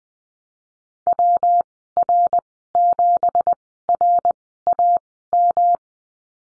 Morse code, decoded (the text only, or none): WR7RAM